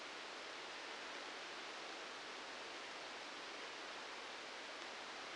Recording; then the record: brain microelectrode recording played as sound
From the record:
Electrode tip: outside the subthalamic nucleus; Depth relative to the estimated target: 1 mm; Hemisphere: left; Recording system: NeuroSet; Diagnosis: Parkinson's disease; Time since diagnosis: 19 years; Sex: female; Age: 69 years